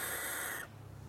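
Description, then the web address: Owl hiss: a single harsh, breathy rush of noise lasting under a second, cutting off abruptly into quiet. "the sound pack tree. owl hiss"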